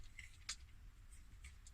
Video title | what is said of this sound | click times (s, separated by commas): War for Cybertron (Siege) - Megatron Transformers Review | and you should have, these bits should click in together | 0.5 s